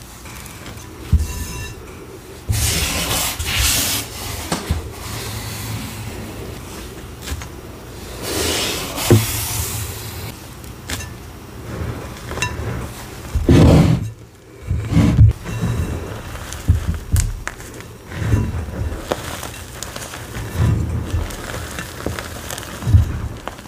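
Gym chalk being carved and crushed, with continual grinding, scraping and crumbling through the whole stretch. Sharp bright scrapes flare around 3 seconds, 8 to 9 seconds and near 13 seconds, and dull low thumps from pressing and breaking recur every second or two.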